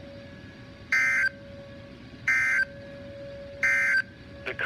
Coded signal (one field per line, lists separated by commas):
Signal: Emergency Alert System (SAME) tones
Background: speech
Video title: Illinois Statewide Tornado Drill 2017 (EAS 341)